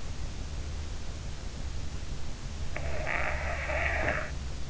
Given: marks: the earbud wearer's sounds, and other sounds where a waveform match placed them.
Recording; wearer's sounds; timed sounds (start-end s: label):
sounds in sleep by an in-ear microphone; snoring breath
2.73-4.22 s: snoring breath